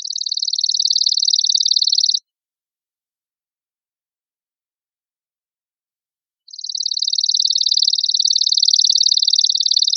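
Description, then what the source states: Chipping sparrow giving a fast, dry, mechanical trill, silence of about four seconds, then another long trill running to the end. Recorded on 5 May 2006.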